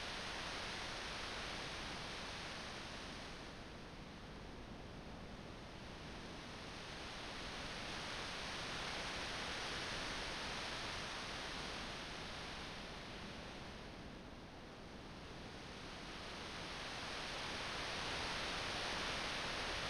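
Melting snow forms a dense, unbroken rushing hiss like running meltwater, swelling slowly and thinning briefly around four and fourteen seconds.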